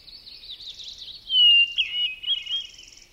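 Hermit thrush song, quavering fluty notes around a loud, held pure whistle.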